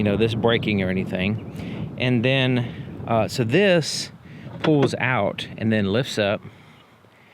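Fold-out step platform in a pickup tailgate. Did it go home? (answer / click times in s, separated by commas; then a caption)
no / none. Someone talks while the fold-out, spring-loaded, textured step platform in the tailgate of a Ford F-150 Platinum PowerBoost Hybrid pickup is pulled out and lifted up. Nothing has locked or clicked into place yet.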